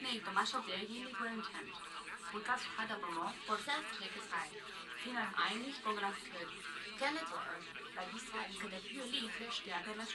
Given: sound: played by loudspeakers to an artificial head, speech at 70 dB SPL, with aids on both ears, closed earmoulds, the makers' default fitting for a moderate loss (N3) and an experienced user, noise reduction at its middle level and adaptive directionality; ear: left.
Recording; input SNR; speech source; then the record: speech test signal (ISTS) in cocktail-party noise; +6 dB; on the right (90 degrees)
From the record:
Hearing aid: class 1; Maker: E